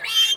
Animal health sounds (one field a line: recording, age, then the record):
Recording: pig call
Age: piglet (1 to 25 days)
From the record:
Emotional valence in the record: negative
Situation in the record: long isolation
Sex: female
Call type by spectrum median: high-frequency call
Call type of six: high-frequency modulated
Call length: 0.37 s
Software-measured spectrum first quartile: 3083 Hz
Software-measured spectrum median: 3314 Hz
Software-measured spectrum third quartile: 4971 Hz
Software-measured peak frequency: 3155 Hz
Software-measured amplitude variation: 159 dB a second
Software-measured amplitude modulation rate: 12.1 a second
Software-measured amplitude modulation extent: 13.1 dB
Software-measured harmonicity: 10.2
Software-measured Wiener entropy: -3.09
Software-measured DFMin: 545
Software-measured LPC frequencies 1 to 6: 1865, 3155, 3633, 4729, 5626, 6317 Hz